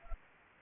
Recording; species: mosquito wingbeat signal from an infrared sensor; Anopheles gambiae